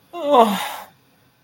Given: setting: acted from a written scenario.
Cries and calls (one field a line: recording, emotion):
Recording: vocal sound without words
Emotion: sadness